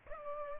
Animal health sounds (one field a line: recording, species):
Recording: mosquito wingbeat signal from an infrared sensor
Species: Culex pipiens